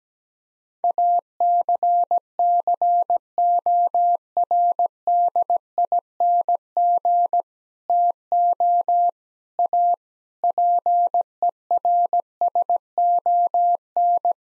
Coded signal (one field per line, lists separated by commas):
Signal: Morse code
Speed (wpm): 17 wpm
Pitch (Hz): 700 Hz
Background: none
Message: ACCORDING TO A PERSON